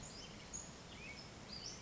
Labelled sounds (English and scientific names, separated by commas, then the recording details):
Western Flycatcher (Empidonax difficilis)
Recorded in Sonoma County, California